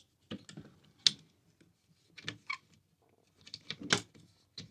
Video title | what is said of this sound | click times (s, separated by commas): PACOVY Ceiling Fans with Lights and Remote 20 Inch, 3200LM LED & 6-Speed Fan, Low Profile Ceiling | and lock into place. | 1.1 s